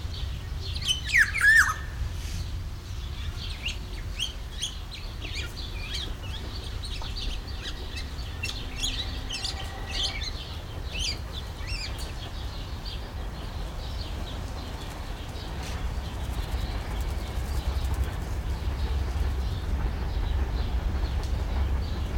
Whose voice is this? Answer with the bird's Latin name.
Oriolus chinensis